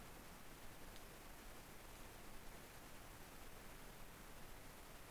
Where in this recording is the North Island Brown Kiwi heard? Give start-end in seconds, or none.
none